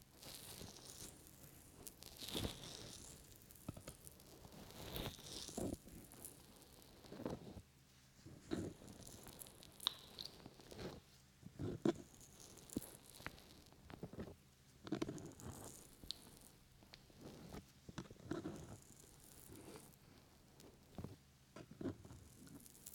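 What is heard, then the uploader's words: Ear massage with lotion: soft, wet rubbing and squishing with frequent cupping pops and crackles. The sounds come in irregular bursts every second or two, some with a bright hiss, and pause briefly around eight and twelve seconds. ASMR Ear Lotion Ear Massage Ear Cupping.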